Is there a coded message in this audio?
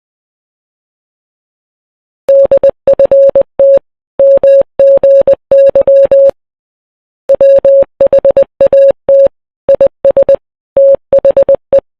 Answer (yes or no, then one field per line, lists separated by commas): yes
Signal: Morse code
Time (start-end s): 2.3-11.8 s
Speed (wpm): 20 wpm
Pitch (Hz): 550 Hz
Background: none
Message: DFT MGY WHAT IS THE